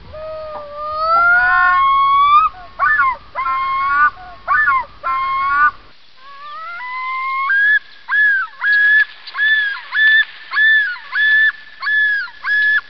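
Common loon yodel: a long rising opening note, then many rapid repeated two-part notes that swoop up and fall.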